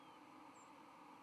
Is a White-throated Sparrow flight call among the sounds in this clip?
yes